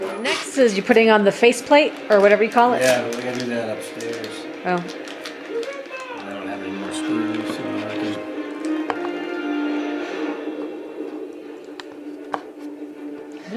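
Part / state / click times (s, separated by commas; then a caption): faceplate on a vanity cabinet drawer / not seated / none. A faceplate is being fitted onto a vanity cabinet drawer while someone talks over music, with a few sharp taps and knocks of handling. Nothing has seated or clicked into place yet.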